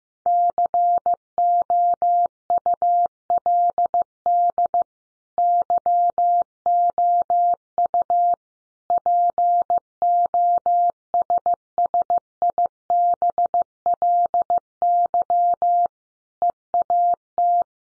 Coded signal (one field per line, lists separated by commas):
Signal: Morse code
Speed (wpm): 15 wpm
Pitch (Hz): 700 Hz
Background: none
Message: COULD YOU POSSIBLY EAT